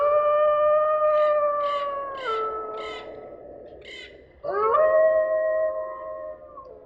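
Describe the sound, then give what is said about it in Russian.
Several werewolves howl together under a full moon in long, sustained, overlapping tones that slide downward in pitch, broken by short higher yips, before a fresh howl swoops up loudly near the end. “Ой, оборотни воют, такого хора ни в одной филармонии не слышишь.”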